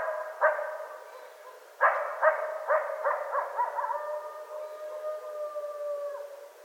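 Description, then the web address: Coyote vocalizing: scattered sharp yips quicken into a rapid series, then stretch into a steady drawn-out howl held for roughly two seconds before stopping abruptly. Recorded 25 January 2013. "sounds mammals Coyote 2013 01 25 Coyotes"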